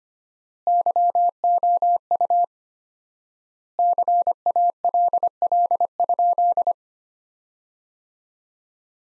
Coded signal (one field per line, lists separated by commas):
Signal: Morse code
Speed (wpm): 25 wpm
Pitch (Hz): 700 Hz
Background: none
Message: YOU CALL?